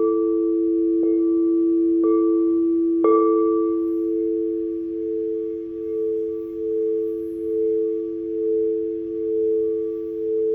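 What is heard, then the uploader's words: A singing bowl rings with a steady, mellow low tone, struck again at about one, two and three seconds, each strike adding a brief brighter shimmer. After the last strike the tone sustains and slowly wavers in a gentle pulsing beat as it fades. Today’s episode is a no talk 5 minute sound healing with bowls and chimes.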